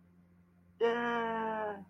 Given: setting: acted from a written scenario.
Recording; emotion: vocal sound without words; amusement